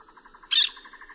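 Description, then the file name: Olive-throated parakeet giving a single short, harsh screeching note over a soft background of steady, rapid pulsing. "Aratinga nana"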